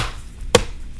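The plastic bottom case panel of an HP x360m Convertible laptop is closed onto the chassis, starting from its bottom edge, after a battery replacement. A single sharp snap is heard at 0.6 s as the bottom edge snaps into place and seats.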